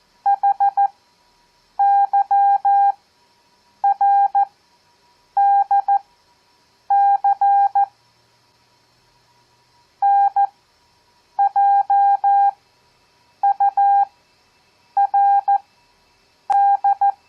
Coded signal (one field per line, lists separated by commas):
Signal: Morse code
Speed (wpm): 14 wpm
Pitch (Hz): 800 Hz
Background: none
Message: HYRDC NJURD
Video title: Copy Morse Code 7th Grade